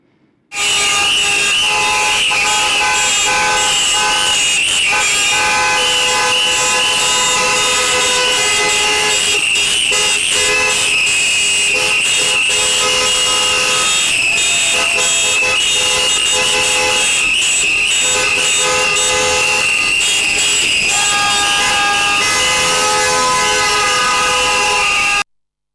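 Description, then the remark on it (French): Several car horns blare together as a form of protest, in a loud, unbroken chorus of steady, overlapping tones, with a few brief stutters and pulses, lasting the whole stretch without any talking. “Et donc, voilà, une protestation un duo de tchistou et de klaxons de voiture.”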